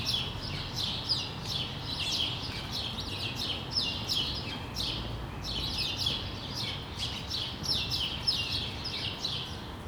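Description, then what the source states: Sparrows giving a steady run of sharp, downslurred chirps over faint low noise. Sparrows recorded on Rue de l'épargne, Brussels, Belgium, on World Sparrow Day; Lom mikroUši AB microphones into a Deity PR-2 recorder.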